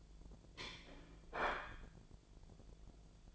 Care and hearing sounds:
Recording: daily activity, microphone in the room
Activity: place plate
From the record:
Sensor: 5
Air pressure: 1009.5 hPa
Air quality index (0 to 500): 169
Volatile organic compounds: 4 ppm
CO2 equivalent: 1636 ppm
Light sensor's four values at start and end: 95/253/103/108 and 94/252/102/108

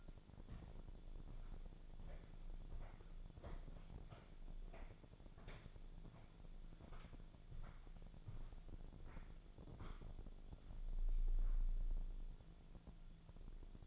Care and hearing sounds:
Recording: daily activity, microphone in the room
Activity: walk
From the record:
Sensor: 5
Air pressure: 1008.3 hPa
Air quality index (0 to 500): 152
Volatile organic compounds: 3 ppm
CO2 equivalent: 1460 ppm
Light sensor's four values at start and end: 65/179/70/71 and 65/179/70/71

